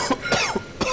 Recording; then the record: coughing mixed with background sound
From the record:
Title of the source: Coughing 79